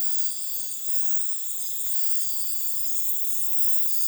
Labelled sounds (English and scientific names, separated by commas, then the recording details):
none
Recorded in dense forest near Puerto Asís, Putumayo, Colombia, on 18 February 2024 at 03:00
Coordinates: 0.505, -76.324
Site G6467